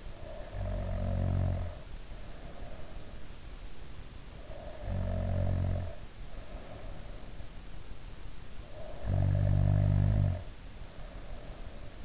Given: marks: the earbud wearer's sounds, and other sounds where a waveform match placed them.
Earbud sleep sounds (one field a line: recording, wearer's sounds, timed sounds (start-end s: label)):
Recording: sounds in sleep by an in-ear microphone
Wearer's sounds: snoring breath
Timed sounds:
0.00-3.08 s: snoring breath
4.40-7.49 s: snoring breath
8.74-12.05 s: snoring breath